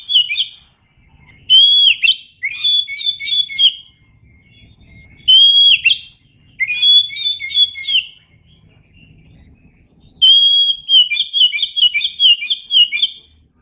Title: Kacer Gacor